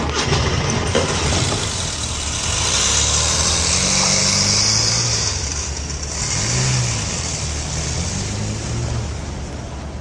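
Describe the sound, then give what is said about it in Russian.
A car engine runs and revs, its low growl rising and falling in pitch several times over a steady wash of road-like noise, as if pulling away. No one speaks. “Поехали.”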